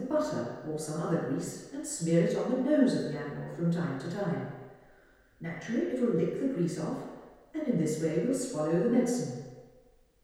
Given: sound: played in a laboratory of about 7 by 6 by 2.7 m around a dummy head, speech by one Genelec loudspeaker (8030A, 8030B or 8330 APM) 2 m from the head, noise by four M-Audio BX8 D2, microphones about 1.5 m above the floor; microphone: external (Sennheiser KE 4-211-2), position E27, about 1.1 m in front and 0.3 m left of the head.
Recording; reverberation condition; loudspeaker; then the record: female speech in English; high; 150 degrees to the right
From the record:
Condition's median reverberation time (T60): about 1300 ms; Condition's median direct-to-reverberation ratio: about -4.0 dB